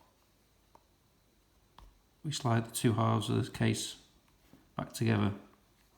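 The two plastic halves of a Jaguar S-Type, X-Type, XJ and XJR key fob case are handled and slid back together after a battery replacement. Soft faint ticks of handling sound over quiet background while someone talks. Nothing has seated or clicked yet.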